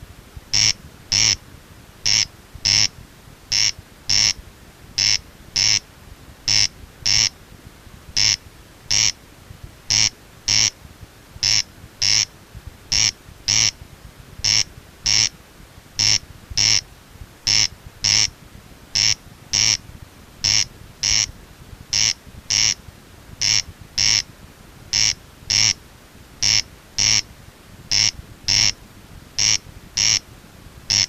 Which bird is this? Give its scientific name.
Crex crex